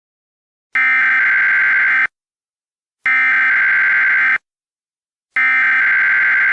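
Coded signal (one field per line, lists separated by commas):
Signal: Emergency Alert System (SAME) tones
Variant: header bursts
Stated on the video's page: Fictional EAS scenario.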